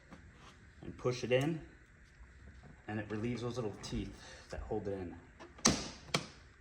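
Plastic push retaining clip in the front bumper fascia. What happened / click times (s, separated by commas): Plastic retaining clips click free / 5.7 s, 6.2 s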